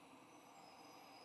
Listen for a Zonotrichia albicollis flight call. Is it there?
no